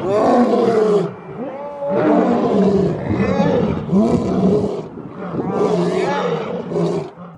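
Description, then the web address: Lion roaring in repeated deep, moaning, grunting calls with brief pauses between them. Lions in a zoo, heard by a neighbour, 9 January 2022. "2022 ene 09 Vecino del Zoo escucha cantar a los leones"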